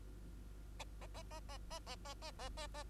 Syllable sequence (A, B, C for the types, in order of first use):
A A A A A A A A A A A A